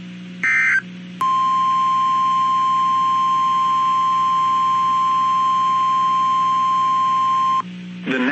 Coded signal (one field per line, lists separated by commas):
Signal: Emergency Alert System (SAME) tones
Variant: 1050 Hz attention tone